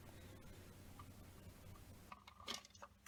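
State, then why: Not seated. A dual flush valve mechanism is handled over the plastic base unit in a toilet cistern, its tabs being lined up with small slots before it is turned clockwise, as part of fixing a leaking cistern that keeps running after flushing. A steady low background hum gives way to a few short handling knocks around 2.1 s, 2.5 s and 2.8 s. Nothing has seated or clicked yet.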